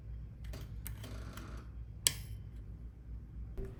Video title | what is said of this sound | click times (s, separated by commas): How to Install Veise Smart Lock VE017 - Code & Fingerprint Deadbolt | Press it in until you hear a click. | 2.1 s